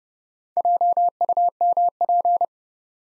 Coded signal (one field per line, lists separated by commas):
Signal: Morse code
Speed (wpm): 30 wpm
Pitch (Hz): 700 Hz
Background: none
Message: JUMP